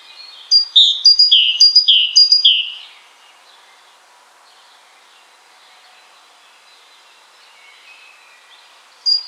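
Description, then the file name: Great tit giving four quick high-then-low whistled phrases, followed by several seconds of near quiet and one brief note at the end. "Parus major"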